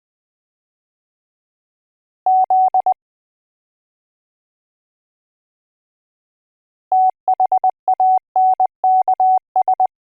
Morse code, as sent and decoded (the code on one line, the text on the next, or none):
--.. / - .... .- -. -.- ...
Z THANKS